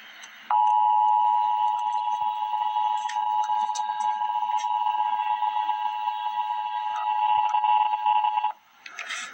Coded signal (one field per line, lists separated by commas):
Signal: Emergency Alert System (SAME) tones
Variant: 853 and 960 Hz attention tone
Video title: EAS Update - Extreme Cold Watch - Jan 18, 2025 at 3:42 PM EST